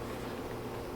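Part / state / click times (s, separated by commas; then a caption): power cord into the channel on the floor cleaner handle / not seated / none. The power cord of a Kärcher KC5 hard floor cleaner is laid in the plastic channel on the handle, pushed into the notches and slid along. A steady, dense rustling and handling noise fills the whole second with no distinct sharp sounds. Nothing has seated or clicked yet.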